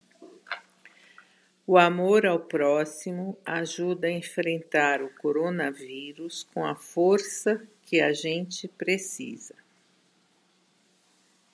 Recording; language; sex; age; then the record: spoken sentence; Brazilian Portuguese; female; 60 to 69 years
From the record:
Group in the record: control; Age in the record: 65 years